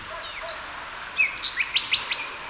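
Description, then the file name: Common nightingale song phrase: soft thin whistles followed by a short run of sharp, short notes given in quick succession. "Luscinia megarhynchos"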